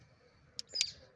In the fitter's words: esos ganchitos deben de atorar aquí Ahí está ya escucharon el click bueno